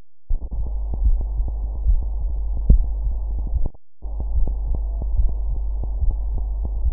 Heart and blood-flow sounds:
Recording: heart sounds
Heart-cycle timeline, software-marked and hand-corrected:
not marked
From the record:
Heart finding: coronary artery disease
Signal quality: poor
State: rest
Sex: female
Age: 50 years

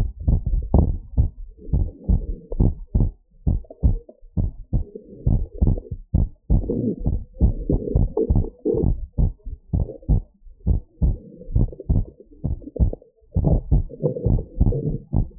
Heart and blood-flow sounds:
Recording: heart sounds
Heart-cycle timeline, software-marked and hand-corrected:
0.00	0.07	S1
0.07	0.27	systole
0.27	0.39	S2
0.39	0.75	diastole
0.75	0.93	S1
0.93	1.17	systole
1.17	1.29	S2
1.29	1.73	diastole
1.73	1.85	S1
1.85	2.09	systole
2.09	2.21	S2
2.21	2.59	diastole
2.59	2.73	S1
2.73	2.95	systole
2.95	3.09	S2
3.09	3.47	diastole
3.47	3.59	S1
3.59	3.85	systole
3.85	3.97	S2
3.97	4.43	diastole
4.43	4.53	S1
4.53	4.75	systole
4.75	4.85	S2
4.85	5.27	diastole
5.27	5.39	S1
5.39	5.63	systole
5.63	5.75	S2
5.75	6.19	diastole
6.19	6.29	S1
6.29	6.51	systole
6.51	6.63	S2
6.63	7.05	diastole
7.05	7.19	S1
7.19	7.43	systole
7.43	7.55	S2
7.55	7.93	diastole
7.93	8.07	S1
8.07	8.31	systole
8.31	8.43	S2
8.43	8.81	diastole
8.81	8.95	S1
8.95	9.19	systole
9.19	9.31	S2
9.31	9.75	diastole
9.75	9.85	S1
9.85	10.09	systole
10.09	10.21	S2
10.21	10.67	diastole
10.67	10.79	S1
10.79	11.03	systole
11.03	11.15	S2
11.15	11.57	diastole
11.57	11.71	S1
11.71	11.91	systole
11.91	12.03	S2
12.03	12.49	diastole
12.49	12.59	S1
12.59	12.81	systole
12.81	12.93	S2
12.93	13.45	diastole
13.45	13.61	S1
13.61	13.73	systole
13.73	13.85	S2
13.85	14.27	diastole
14.27	14.41	S1
14.41	14.61	systole
14.61	14.73	S2
14.73	15.15	diastole
15.15	15.29	S1
15.29	15.39	systole
From the record:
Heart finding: normal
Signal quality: good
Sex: female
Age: 48 years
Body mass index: 25.7

